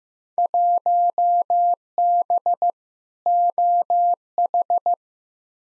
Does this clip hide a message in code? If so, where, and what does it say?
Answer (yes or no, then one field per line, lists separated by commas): yes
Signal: Morse code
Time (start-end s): 0.4-4.9 s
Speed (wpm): 15 wpm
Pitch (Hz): 700 Hz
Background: none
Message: 1B OH